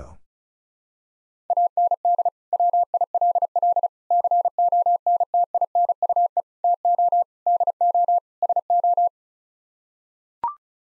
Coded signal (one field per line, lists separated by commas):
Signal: Morse code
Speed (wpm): 36 wpm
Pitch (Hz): 700 Hz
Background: none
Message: AND WILL CONTINUE TO DO SO